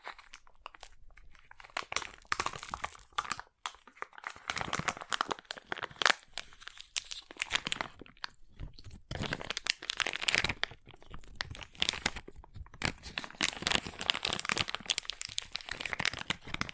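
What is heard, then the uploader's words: Crunchy slime is squeezed and worked for the full length, giving dense, irregular bursts of crackling and crinkling with no steady rhythm. The pops are bright and sharp, with short gaps between clusters, and the louder stretches come around four to six seconds and from ten seconds on. ASMR Satisfying Crunchy Slime (No Talking).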